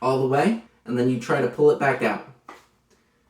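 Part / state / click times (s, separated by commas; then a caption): magazine into rifle magazine well / seated / 2.5 s. Someone talks while a loaded rifle magazine is pushed all the way into the rifle's magazine well and then tugged to check that it holds. A sharp click at 2.5 s marks the magazine latching and locking in, followed by a faint softer sound at 2.9 s.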